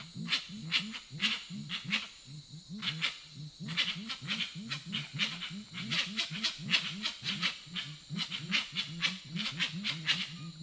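Grey-winged trumpeter calls: a long run of deep, hollow hoots repeated quickly and evenly, overlaid with frequent crisp clicking snaps.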